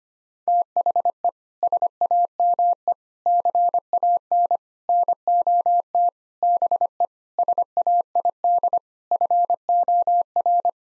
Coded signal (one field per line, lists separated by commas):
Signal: Morse code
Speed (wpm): 25 wpm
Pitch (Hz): 700 Hz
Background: none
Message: THE SAME CAN NOT BE SAID FOR